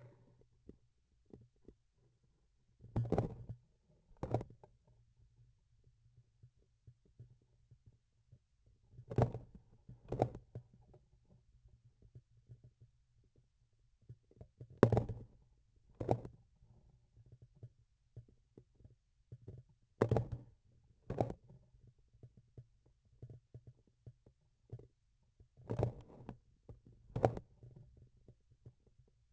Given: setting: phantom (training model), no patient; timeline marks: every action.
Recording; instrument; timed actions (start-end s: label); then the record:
laparoscopic instrument, vibration sensor on the handle end; grasping forceps
2.77-3.55 s: forceps opening
4.15-4.60 s: forceps closing
9.05-9.51 s: forceps opening
9.80-10.50 s: forceps closing
14.76-15.37 s: forceps opening
15.89-16.44 s: forceps closing
19.94-20.60 s: forceps opening
20.98-21.44 s: forceps closing
25.52-26.44 s: forceps opening
26.99-27.60 s: forceps closing
From the record:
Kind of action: tool actuation without material contact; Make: other than Olympus